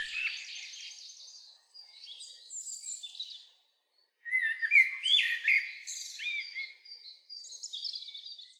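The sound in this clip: Bird calls, a run of high chirps and buzzy notes, then after a short pause a louder burst of sliding whistled notes with rapid chatter above.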